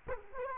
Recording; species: mosquito wingbeat signal from an infrared sensor; Culex quinquefasciatus